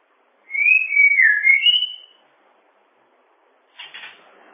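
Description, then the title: Bird song: a single wavering whistled phrase rising at its end, followed after a pause by a brief rough, noisy burst. "kikicau"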